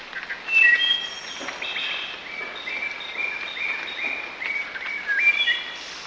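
Bird calls: a mix of sharp high chirps and brief whistled notes over constant background hiss.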